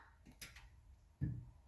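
A plastic closet rod hanger is hooked up into the first slot of a slotted wall standard, and its back is pushed in until it snaps home. A very quiet snap is heard at 0.4 s, followed by a low thud around 1.2 s. The hanger is seated in the standard.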